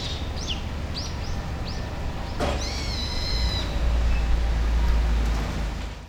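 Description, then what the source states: Bird calls: several short, high, upswept chirps in the first seconds, then a longer harmonic-rich call, over a steady low rumble of background noise. Recorded with an iPad Pro.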